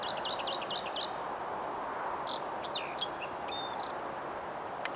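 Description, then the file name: Black-faced bunting song: a brief high phrase of clipped, jumping notes in the middle, preceded by a rapid series of lower chirps, with constant background hiss throughout. Recorded 22 May 2018. "sedogolovayaovs 22052018"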